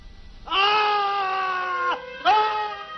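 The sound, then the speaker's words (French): A man screams in horror, Jack Waltz in his villa in Coppola's The Godfather, on waking to find his racehorse's severed head at the foot of his bed; one long, loud, steady howl lasting over a second, then a brief gasp-like pause and a second scream. “Et il hurle dans sa villa magnifique.”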